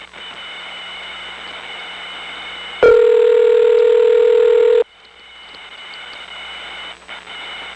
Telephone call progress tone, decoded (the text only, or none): ringback tone